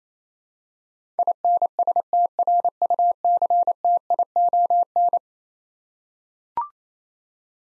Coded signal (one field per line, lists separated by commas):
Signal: Morse code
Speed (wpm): 28 wpm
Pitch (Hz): 700 Hz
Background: none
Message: INSTRUCTION